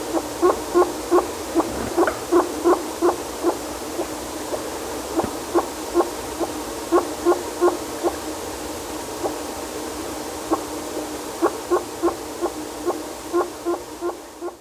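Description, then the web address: Armored rat giving short, hollow, harmonic notes repeated about three times a second in an uneven series, over background hiss. Rainforest mammal, South America. "Natures Songs S America Mammals of the Rainforest Armored Rat"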